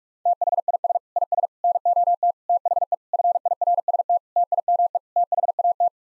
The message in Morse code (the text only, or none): THIS IS NOT THE FIRST TIME THAT